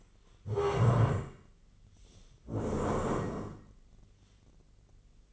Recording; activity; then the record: daily activity, microphone in the room; stand up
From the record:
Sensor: 4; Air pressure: 1013.1 hPa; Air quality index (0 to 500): 175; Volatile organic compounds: 2 ppm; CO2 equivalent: 1104 ppm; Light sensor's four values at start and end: 50/123/52/56 and 49/122/51/55